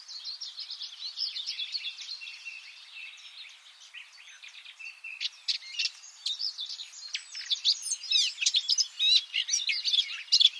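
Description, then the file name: Eurasian blackcap producing a soft, scratchy chatter that grows louder and busier in the second half, with sharp high twitters near the end. "Sylvia atricapilla"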